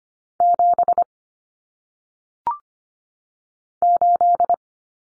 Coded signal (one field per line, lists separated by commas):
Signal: Morse code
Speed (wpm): 25 wpm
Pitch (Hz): 700 Hz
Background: none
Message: 7 8